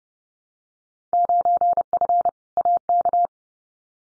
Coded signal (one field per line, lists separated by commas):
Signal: Morse code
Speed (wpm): 30 wpm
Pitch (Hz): 700 Hz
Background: none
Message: 9F AK